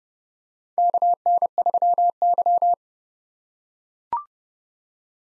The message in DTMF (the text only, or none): none